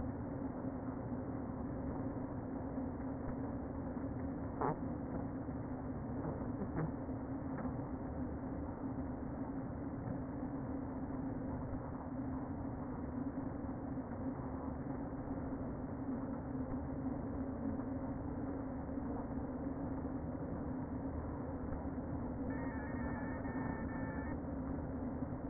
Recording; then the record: honeybee colony, microphone inside the hive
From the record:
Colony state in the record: queen present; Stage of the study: before two queens were removed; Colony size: about 60,000 bees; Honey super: yes